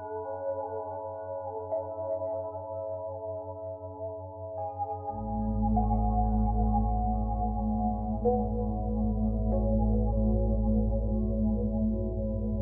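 Binaural beat tones sound as several steady, sustained pitches layered together, with a soft pulsing throb in the low end. Around five seconds a deep, dense drone swells in and thickens the bass, and the sound stays even and unbroken to the end.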